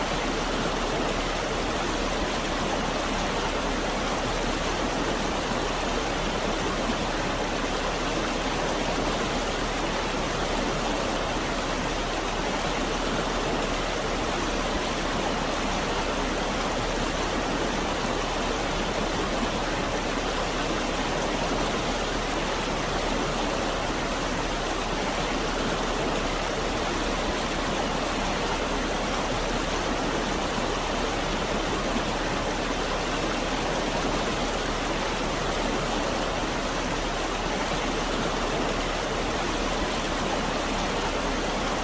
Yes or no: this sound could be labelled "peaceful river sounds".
yes